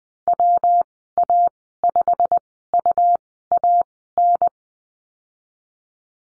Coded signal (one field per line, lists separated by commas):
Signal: Morse code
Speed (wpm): 20 wpm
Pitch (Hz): 700 Hz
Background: none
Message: WA5UAN